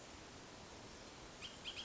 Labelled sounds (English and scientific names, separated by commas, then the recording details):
Bullock's Oriole (Icterus bullockii)
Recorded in Sonoma County, California